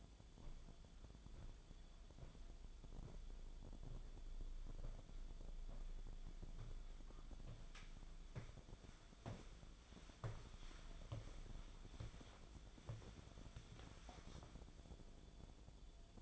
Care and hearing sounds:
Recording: daily activity, microphone in the room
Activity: walk to room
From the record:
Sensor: 5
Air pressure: 1010.1 hPa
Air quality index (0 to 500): 145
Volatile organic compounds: 3 ppm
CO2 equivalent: 1413 ppm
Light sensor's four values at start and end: 260/651/272/296 and 257/631/267/293

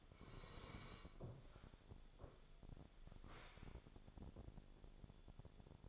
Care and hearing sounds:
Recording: daily activity, microphone in the room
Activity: sit down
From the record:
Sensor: 5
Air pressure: 1000.5 hPa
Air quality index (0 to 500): 142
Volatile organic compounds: 2 ppm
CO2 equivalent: 1104 ppm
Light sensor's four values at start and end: 46/108/45/47 and 46/108/45/47

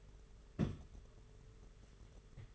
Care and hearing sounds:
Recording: daily activity, microphone in the room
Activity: place on stove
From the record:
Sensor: 4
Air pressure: 991.9 hPa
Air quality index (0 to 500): 85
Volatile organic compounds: 6 ppm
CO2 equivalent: 1941 ppm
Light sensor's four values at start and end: 21/75/27/29 and 21/75/27/29

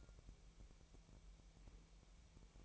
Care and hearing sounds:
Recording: daily activity, microphone in the room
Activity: take from stove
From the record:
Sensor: 1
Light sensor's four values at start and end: 6/13/5/6 and 6/13/5/6

